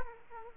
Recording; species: mosquito wingbeat signal from an infrared sensor; Aedes aegypti